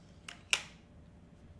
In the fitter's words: But you heard that little clunk clunk, right?